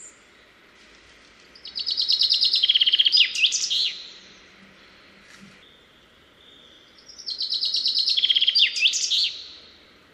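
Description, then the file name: Common chaffinch song: two bright, accelerating descending trills ending in a quick flourish, each about two seconds long, separated by a pause of roughly three seconds. "Fringilla coelebs"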